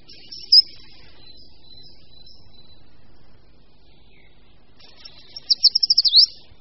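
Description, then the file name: Short-toed treecreeper singing: a few faint high notes early, then after a pause a crisp phrase of rapid high notes closing with a dipping slur. "Šoupálek-dlouhoprstý"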